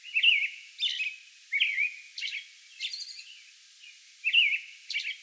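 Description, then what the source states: American robin singing a run of rich, slurred whistled phrases, alternating lower caroling notes with brief higher, squeakier ones. Song bout recorded May 11.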